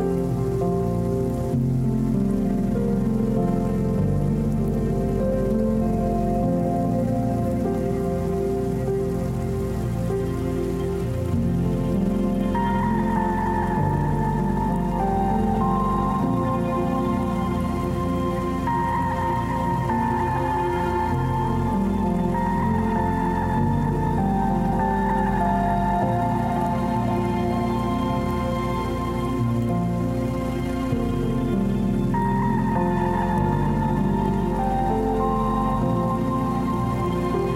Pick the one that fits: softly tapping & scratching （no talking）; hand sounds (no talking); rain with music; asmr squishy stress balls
rain with music